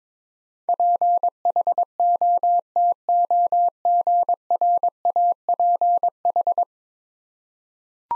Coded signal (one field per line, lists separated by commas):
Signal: Morse code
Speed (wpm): 22 wpm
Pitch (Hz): 700 Hz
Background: none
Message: PHOTOGRAPH